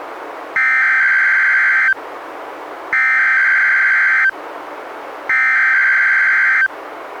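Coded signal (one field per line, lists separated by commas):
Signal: Emergency Alert System (SAME) tones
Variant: header bursts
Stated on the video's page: NOAA Weather Radio Required Weekly Tests relayed by NWR station in Astoria, recorded from a Reecom R-1630 weather radio through a Zoom H1 recorder.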